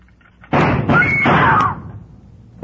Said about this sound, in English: When Susan snapped the spring lock to open the door, the gun outside opened up.